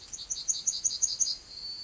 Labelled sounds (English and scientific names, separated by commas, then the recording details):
Yellowhammer (Emberiza citrinella) song
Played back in forest
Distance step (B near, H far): D
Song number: 138